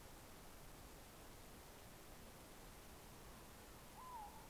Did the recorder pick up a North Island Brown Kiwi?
no